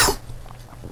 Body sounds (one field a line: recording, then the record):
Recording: coughing mixed with background sound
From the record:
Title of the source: Coughing 79